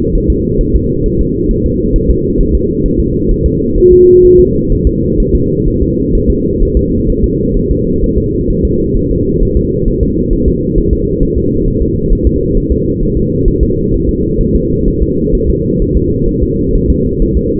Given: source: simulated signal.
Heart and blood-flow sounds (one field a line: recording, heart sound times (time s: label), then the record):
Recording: fetal heart sounds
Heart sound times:
0.15 s: S1
0.30 s: S2
0.61 s: S1
0.76 s: S2
1.06 s: S1
1.21 s: S2
1.51 s: S1
1.66 s: S2
1.96 s: S1
2.11 s: S2
2.41 s: S1
2.55 s: S2
2.86 s: S1
3.00 s: S2
3.31 s: S1
3.46 s: S2
3.78 s: S1
3.92 s: S2
4.25 s: S1
4.40 s: S2
4.72 s: S1
4.87 s: S2
5.20 s: S1
5.35 s: S2
5.68 s: S1
5.82 s: S2
6.15 s: S1
6.30 s: S2
6.62 s: S1
6.77 s: S2
7.10 s: S1
7.24 s: S2
7.57 s: S1
7.71 s: S2
8.04 s: S1
8.18 s: S2
8.50 s: S1
8.65 s: S2
8.97 s: S1
9.11 s: S2
9.43 s: S1
9.57 s: S2
9.88 s: S1
10.03 s: S2
10.33 s: S1
10.48 s: S2
10.78 s: S1
10.93 s: S2
11.23 s: S1
11.38 s: S2
11.68 s: S1
11.82 s: S2
12.12 s: S1
12.27 s: S2
12.57 s: S1
12.72 s: S2
13.03 s: S1
13.17 s: S2
13.48 s: S1
13.63 s: S2
13.94 s: S1
14.09 s: S2
14.41 s: S1
14.56 s: S2
14.88 s: S1
15.03 s: S2
15.35 s: S1
15.50 s: S2
15.82 s: S1
15.97 s: S2
16.29 s: S1
16.43 s: S2
16.75 s: S1
16.90 s: S2
17.22 s: S1
17.37 s: S2
From the record:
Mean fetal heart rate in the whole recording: 130 bpm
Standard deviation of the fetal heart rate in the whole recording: 4 bpm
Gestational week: 38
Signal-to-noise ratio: -14.7 dB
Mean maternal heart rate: 72 bpm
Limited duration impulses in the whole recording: present